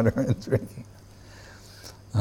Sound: laughter